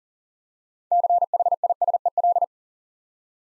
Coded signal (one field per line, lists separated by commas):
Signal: Morse code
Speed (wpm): 40 wpm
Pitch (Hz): 700 Hz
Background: none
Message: CHISEL